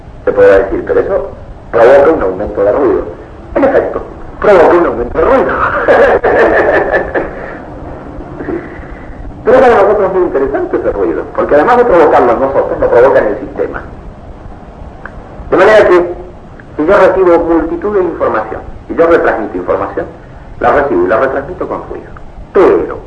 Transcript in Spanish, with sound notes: Se podrá decir, “pero eso provoca un aumento de ruido”. En efecto, provoca un aumento de ruido, (risas) Pero para nosotros es muy interesante ese ruido, porque además de provocarlo en nosotros, lo provoca en el sistema, de manera que si yo recibo multitud de información y yo retransmito información, la recibo y la retransmito con ruido, pero…